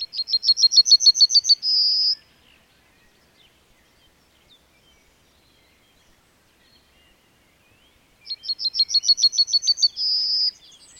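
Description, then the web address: Bird song of quick, repeated high chips closing with a sustained buzzy tone, given twice with a long quiet gap between phrases. "madarak enek"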